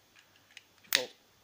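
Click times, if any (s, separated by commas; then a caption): 1.0 s. A hinged plastic panel of a transforming combiner toy is folded over and clipped onto the toy robot body. A faint tick at 0.6 s comes before a loud, meaty plastic click at 1.0 s, and the panel is seated in place.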